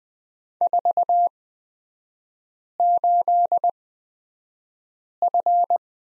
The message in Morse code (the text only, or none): 48F